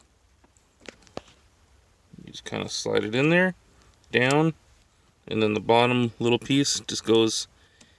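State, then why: Not seated. A shift lock cable end on a Chevy steering column shift mechanism is handled and slid down toward its black plastic shift lock holder. Someone talks, and a few faint sharp ticks come before the speech at about 0.9 s and 1.2 s. The clip ends before the part goes home, so nothing has seated or clicked yet.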